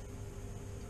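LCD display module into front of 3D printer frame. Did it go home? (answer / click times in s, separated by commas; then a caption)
no / none. An LCD display module is being handled at the front of a 3D printer's frame, about to be installed and pressed in. Less than a second of steady broadband hum is heard, with a low drone around 100 Hz and faint tones near 400 Hz and 7 kHz, and no distinct impacts. Nothing has seated or clicked yet.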